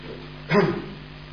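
A single short dog bark, a brief mid-pitched woof rising out of a low steady hum and fading quickly, with no voices present.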